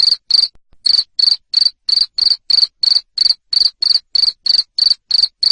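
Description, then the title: Cricket chirping in quick regular pulses, a short gap after the first two chirps. Loud cricket chirping played to stimulate lovebirds to keep singing in the ngekek style. "Suara JANGKRIK NGERIK Keras Bikin LOVEBIRD Jadi NGEKEK Terus Vubey"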